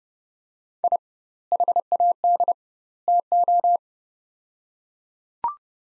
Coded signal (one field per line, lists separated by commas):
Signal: Morse code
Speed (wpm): 30 wpm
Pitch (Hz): 700 Hz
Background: none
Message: I HAD TO